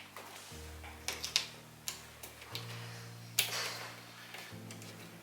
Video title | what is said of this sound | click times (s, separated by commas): Silhouette How-To: Door Reversal on Wine Coolers and Beverage Centers | So next step is to replace the screw covers. They just snap into place. | 1.4 s, 3.4 s